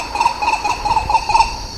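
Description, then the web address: Bird calling with a series of short, clear, mid-pitched notes over a low background rumble. "BIRD 2015 SABIOD bird 2015"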